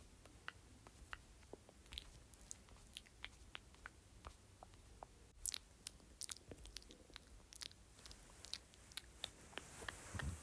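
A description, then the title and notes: Mouth sounds, with scattered wet clicks and smacks, growing busier after about five seconds, over a low murmur and a brief hiss near the end. ASMR Various Mouth Sounds.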